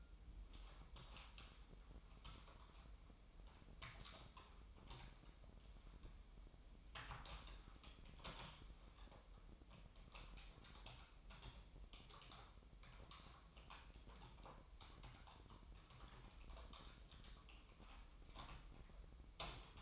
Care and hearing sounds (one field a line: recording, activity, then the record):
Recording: daily activity, microphone in the room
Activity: typing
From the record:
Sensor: 1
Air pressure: 988.8 hPa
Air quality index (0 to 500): 204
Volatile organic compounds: 1000 ppm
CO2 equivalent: 5430 ppm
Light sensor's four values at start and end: 25/93/35/37 and 25/93/35/37